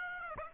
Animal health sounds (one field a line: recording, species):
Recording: mosquito wingbeat signal from an infrared sensor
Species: Aedes aegypti